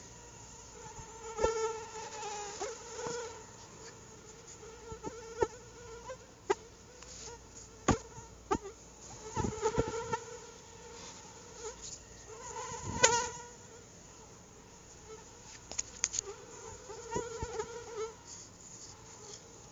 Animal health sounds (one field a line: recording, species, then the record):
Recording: mosquito flight sound by mobile phone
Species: Anopheles atroparvus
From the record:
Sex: female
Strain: EBRO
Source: CDC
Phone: Google Nexus